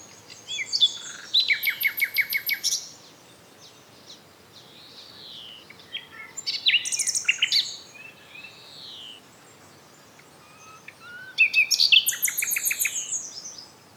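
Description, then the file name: Common nightingale song in three bursts: rapid repeated notes, then whistled slurs and chattering notes, pausing between phrases. "Luscinia megarhynchos"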